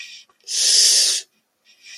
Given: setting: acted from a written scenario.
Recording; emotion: vocal sound without words; pain